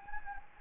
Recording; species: mosquito wingbeat signal from an infrared sensor; Anopheles gambiae